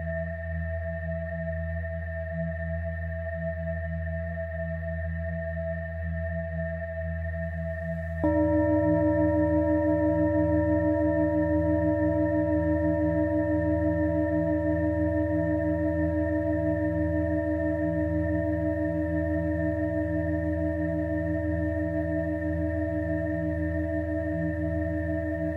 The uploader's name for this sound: Angel Tuning Fork - Frequency (528Hz & 963Hz) & Perfect Frequency (432Hz)